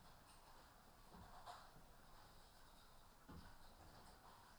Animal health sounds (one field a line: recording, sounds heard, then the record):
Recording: poultry house recording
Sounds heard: healthy chickens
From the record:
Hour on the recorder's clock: 14